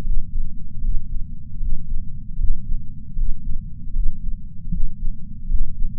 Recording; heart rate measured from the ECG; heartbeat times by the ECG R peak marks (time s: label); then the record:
heart sounds by patch sensor on the chest; 77 bpm
0.81 s: heartbeat
1.60 s: heartbeat
2.38 s: heartbeat
3.16 s: heartbeat
3.93 s: heartbeat
4.71 s: heartbeat
5.49 s: heartbeat
From the record:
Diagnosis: coronary artery disease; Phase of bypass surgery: preoperative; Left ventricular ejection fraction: 63.3%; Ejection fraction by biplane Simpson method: 60.1%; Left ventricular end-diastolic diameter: 44 mm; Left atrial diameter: 34 mm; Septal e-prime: 5.7 cm/s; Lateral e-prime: 6.6 cm/s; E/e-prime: 12.8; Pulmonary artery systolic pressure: 18 mmHg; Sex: female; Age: 71 years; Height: 150 cm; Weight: 59 kg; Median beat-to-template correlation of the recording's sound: 0.93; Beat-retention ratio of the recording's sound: 0.99